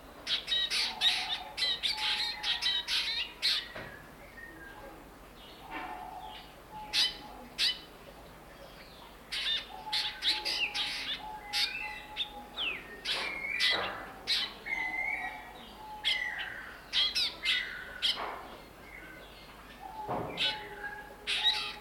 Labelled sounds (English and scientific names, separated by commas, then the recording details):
Black Drongo (Dicrurus macrocercus)
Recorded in captivity
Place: Zoo Berlin, Berlin, DE
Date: 1992-07-11 10:40
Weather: bedeckt, z.T. Regen, 17-22°C
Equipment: Marantz CP 430, Sennheiser ME 80, Kopie Tesla B 116
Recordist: Tembrock, Günter